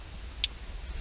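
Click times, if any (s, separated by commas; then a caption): 0.4 s. The red factory (OEM) plug from a 2015 Lexus IS350 is pushed into the new adapter wiring harness for a Lexion 12.3" Android Auto and Apple CarPlay unit. A single sharp, bright click is heard at 0.4 s over a low steady hum, and the plug is seated.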